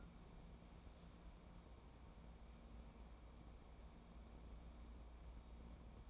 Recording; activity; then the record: daily activity, microphone in the room; wipe stove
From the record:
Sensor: 1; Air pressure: 1012.4 hPa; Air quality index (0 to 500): 157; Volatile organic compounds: 2 ppm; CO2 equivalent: 1289 ppm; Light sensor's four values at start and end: 669/1493/679/782 and 653/1458/663/762